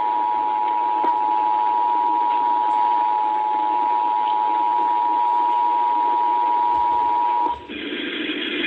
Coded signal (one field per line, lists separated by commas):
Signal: Emergency Alert System (SAME) tones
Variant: 853 and 960 Hz attention tone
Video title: SanabiaKnight captures the EAS thing from WPLE (AM) 1570